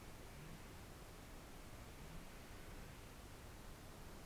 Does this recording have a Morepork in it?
no